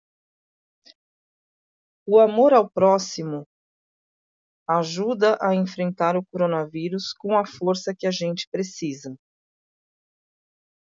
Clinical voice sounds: spoken sentence; Brazilian Portuguese; female; 40 to 49 years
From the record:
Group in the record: control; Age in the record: 47 years

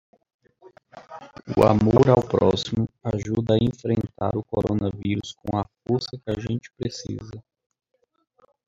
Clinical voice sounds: spoken sentence; Brazilian Portuguese; male; 30 to 39 years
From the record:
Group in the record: control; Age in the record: 39 years

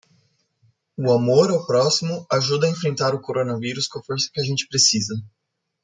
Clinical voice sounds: spoken sentence; Brazilian Portuguese; female; 20 to 29 years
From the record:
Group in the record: control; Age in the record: 28 years

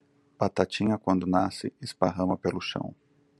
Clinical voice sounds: short text; Brazilian Portuguese; male; 40 to 49 years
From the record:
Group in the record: control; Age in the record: 48 years

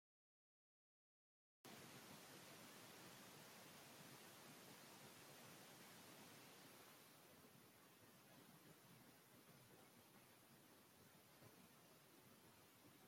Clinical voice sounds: short text; Brazilian Portuguese; male; 80 to 89 years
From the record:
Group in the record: control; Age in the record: 82 years

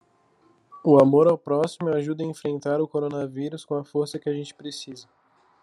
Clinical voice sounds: spoken sentence; Brazilian Portuguese; male; 18 to 19 years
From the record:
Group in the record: control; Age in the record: 18 years

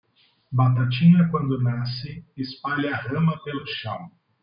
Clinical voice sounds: short text; Brazilian Portuguese; male; 30 to 39 years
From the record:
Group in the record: control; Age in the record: 35 years

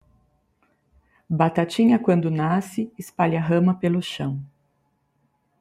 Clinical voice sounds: short text; Brazilian Portuguese; female; 40 to 49 years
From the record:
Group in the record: control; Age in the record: 47 years

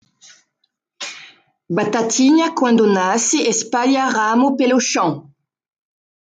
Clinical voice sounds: short text; Brazilian Portuguese; female; 40 to 49 years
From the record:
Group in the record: control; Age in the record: 44 years

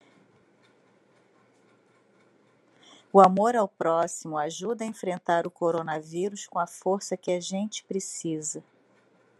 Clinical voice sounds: spoken sentence; Brazilian Portuguese; female; 50 to 59 years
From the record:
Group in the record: control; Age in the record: 57 years

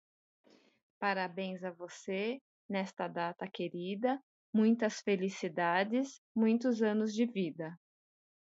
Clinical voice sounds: short text; Brazilian Portuguese; female; 50 to 59 years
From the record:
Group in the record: control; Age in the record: 54 years

